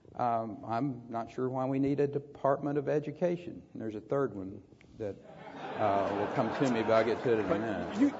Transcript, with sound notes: I’m not sure why we need a Department of Education. There’s a third one that [Laughter] will come to me but I’ll get to it in a minute.